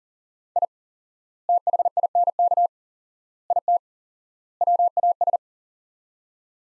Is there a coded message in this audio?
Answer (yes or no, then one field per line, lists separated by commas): yes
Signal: Morse code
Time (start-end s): 0.6-5.4 s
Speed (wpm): 40 wpm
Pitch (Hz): 700 Hz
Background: none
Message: I THINK IT WAS